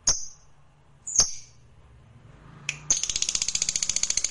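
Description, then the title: Lovebird giving two sharp high chirps a second apart, then breaking into a rapid, buzzy, even trill of high notes. Fighter lovebird singing energetically (gacor). "Berkat SUARA Lovebird FIGHTER GACOR Ini"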